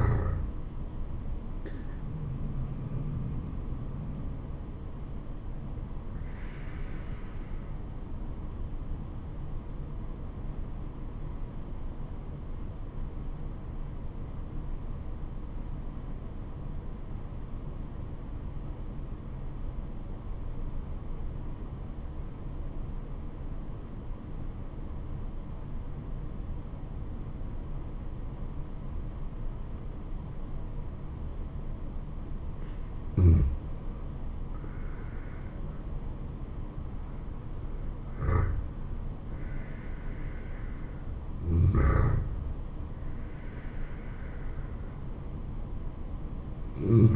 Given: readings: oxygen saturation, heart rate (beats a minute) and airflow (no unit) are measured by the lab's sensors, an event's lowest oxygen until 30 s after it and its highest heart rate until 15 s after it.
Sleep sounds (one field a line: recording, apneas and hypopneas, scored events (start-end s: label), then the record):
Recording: breathing in sleep by a smartphone at the bedside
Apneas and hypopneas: 1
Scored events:
8.00-34.70 s: obstructive apnea (N2, oxygen 96% highest, then 85% lowest, heart rate 70 at the start, 80 highest)
28.00-47.16 s: new sleep stage, N1 (lightest sleep)
From the record:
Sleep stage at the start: N2 (light sleep)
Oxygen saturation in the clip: 82 to 96%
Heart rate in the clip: 69 to 80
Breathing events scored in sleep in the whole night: 426 in 7.4 hours asleep